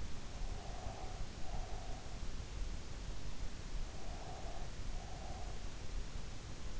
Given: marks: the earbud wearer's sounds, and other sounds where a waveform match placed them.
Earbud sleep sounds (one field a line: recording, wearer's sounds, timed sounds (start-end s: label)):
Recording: sounds in sleep by an in-ear microphone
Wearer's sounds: breath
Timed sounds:
0.71-2.10 s: breath
3.72-5.72 s: breath